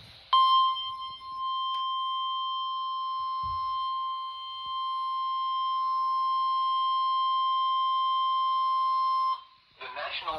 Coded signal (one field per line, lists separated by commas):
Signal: Emergency Alert System (SAME) tones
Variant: 1050 Hz attention tone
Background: speech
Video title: (EAS "#772") CAE Tornado Warning from KHC27 (Rock Hill, SC) - 6/9/2025